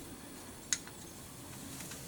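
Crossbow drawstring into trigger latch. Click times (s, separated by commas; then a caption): 0.7 s. A crossbow is cocked: the drawstring is pulled up along the rail until it catches in the trigger latch. A sharp click at 0.7 seconds marks the string locking into place, followed by a fainter tick and steady low background noise. The string is seated in the latch.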